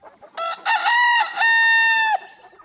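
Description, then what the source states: Chicken rooster crow: short stuttering syllables build into a loud, sustained final tone that ends abruptly. Domestic chicken, descended from the red jungle fowl of Southeast Asia.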